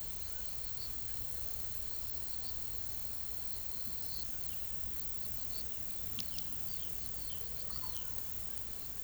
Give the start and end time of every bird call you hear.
[6.12, 8.34] bird call (1.0-6.1 kHz)

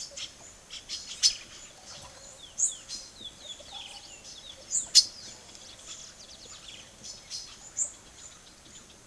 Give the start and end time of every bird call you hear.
[0.00, 1.35] bird call (1.4-11.0 kHz)
[2.23, 9.06] bird call (0.3-11.0 kHz)

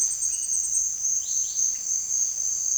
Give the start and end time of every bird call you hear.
[1.16, 1.57] bird call (2.5-5.5 kHz)

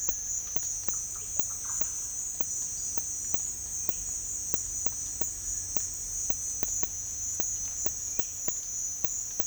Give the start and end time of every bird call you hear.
[0.69, 1.80] bird call (0.2-2.3 kHz)
[5.34, 5.78] bird call (1.2-2.2 kHz)

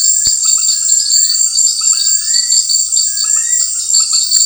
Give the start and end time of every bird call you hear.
[0.58, 3.70] bird call (1.4-2.3 kHz)

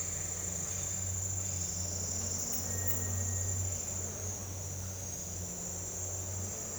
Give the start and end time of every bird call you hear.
[2.73, 3.59] bird call (1.6-2.5 kHz)

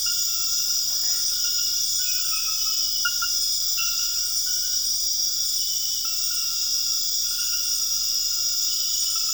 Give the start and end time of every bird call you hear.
[0.89, 1.29] bird call (0.8-2.4 kHz)

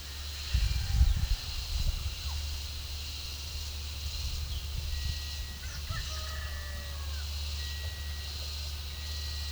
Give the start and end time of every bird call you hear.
[5.79, 7.23] bird call (0.5-1.9 kHz)

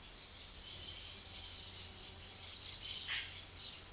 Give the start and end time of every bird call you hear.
[0.21, 3.93] bird call (1.1-7.5 kHz)

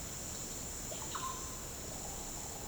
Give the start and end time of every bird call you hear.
[0.96, 1.56] bird call (0.6-4.2 kHz)

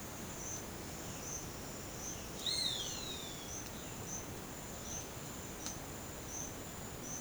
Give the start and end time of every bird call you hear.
[2.36, 3.60] bird call (1.1-9.8 kHz)

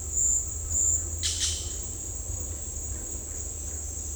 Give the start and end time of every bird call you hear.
[1.18, 1.57] bird call (1.5-6.8 kHz)

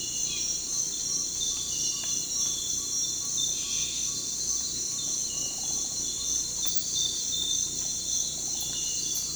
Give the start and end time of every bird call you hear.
[0.24, 5.43] bird call (0.8-1.6 kHz)

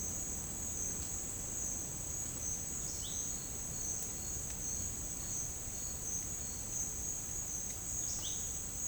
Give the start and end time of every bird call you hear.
[2.91, 3.15] bird call (2.5-4.5 kHz)
[8.15, 8.46] bird call (2.7-4.5 kHz)

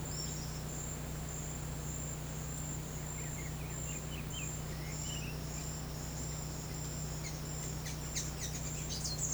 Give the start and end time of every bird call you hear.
[2.85, 5.45] bird call (1.0-4.2 kHz)
[7.24, 9.34] bird call (1.5-10.2 kHz)

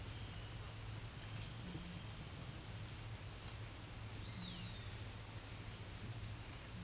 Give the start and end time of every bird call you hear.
[3.95, 4.78] bird call (2.2-6.5 kHz)

